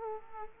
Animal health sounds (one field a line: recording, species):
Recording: mosquito wingbeat signal from an infrared sensor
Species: Culex quinquefasciatus